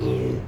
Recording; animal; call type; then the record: contact call of a hoofed animal; pig; closed-mouth grunt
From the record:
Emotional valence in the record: negative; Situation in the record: short social isolation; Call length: 0.47 s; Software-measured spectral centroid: 1530 Hz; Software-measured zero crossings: 730 a second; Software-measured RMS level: -24 dBFS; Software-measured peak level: -12 dBFS